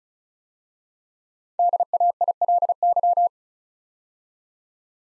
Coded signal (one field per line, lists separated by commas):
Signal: Morse code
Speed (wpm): 36 wpm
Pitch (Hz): 700 Hz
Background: none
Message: DAILY